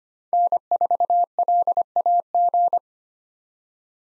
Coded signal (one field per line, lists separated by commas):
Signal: Morse code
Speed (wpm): 25 wpm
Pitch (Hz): 700 Hz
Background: none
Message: N4LAG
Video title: 2023 SOTA Chaser Call Signs - 25wpm